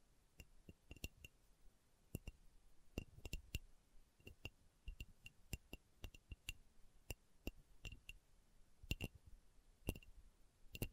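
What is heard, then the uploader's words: Slow tapping, a series of sharp, short taps spaced irregularly, several per second at times, with brief pauses between clusters. Each tap has a bright, slightly glassy click over a low thump, and a faint steady hiss sits underneath throughout. ASMR Slow Tapping for Deep Sleep (No Talking).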